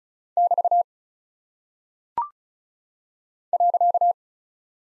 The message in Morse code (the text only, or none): <BT> .